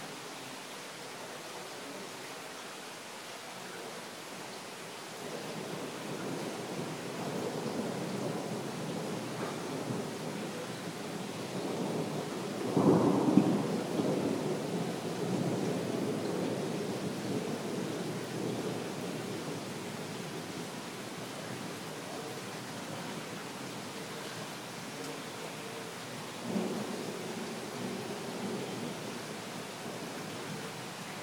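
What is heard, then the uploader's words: Rain falls in Berlin as a steady dense hiss, swelling after five seconds, with a low rumble near thirteen seconds and a brief thump near twenty-six. Rain at Berlin.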